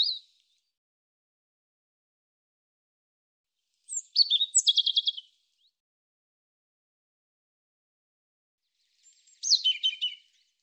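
European robin singing high, sweet phrases: a short note at the start, then a phrase of high notes sliding into a rapid trill, and another descending phrase near the end.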